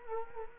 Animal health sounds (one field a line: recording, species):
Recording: mosquito wingbeat signal from an infrared sensor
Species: Culex quinquefasciatus